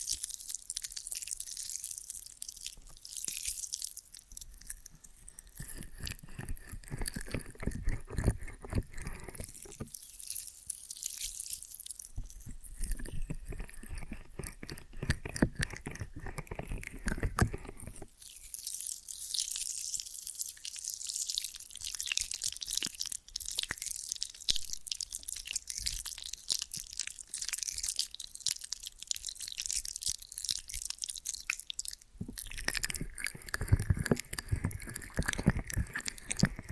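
Ear and scalp massage with cleaning, made of dense crackly rubbing and scratching that runs without pause for the whole clip. The texture shifts between brighter hissy stretches and fuller, lower rumbling passages every several seconds, with frequent small crunchy, clicky bursts throughout.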